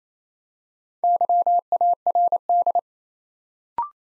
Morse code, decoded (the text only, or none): YARD